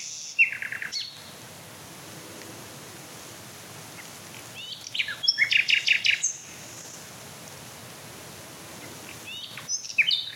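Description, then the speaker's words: Common Nightingale singing in short separated bursts: high whistles and sweeps, then a fast rattling volley, with long pauses between phrases. Male singing in woods at dusk; phrases described as sobbing. "Oh, das schöne Schluchzen. Lauschen wir doch noch ein paar Minuten Herrn Nachtigall."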